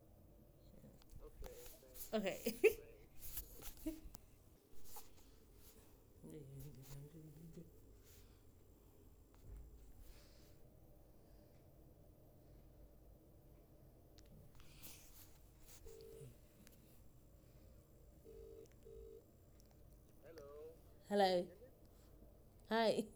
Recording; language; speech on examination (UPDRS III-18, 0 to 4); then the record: conversation on a phone call; English; 0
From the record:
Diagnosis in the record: healthy control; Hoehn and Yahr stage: 0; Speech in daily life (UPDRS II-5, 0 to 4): 0